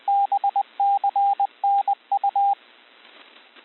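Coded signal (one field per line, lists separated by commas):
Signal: Morse code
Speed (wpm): 20 wpm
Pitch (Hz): 800 Hz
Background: radio noise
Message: BCNU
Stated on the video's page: Morse recognition practice including prosigns, sent at 20 wpm.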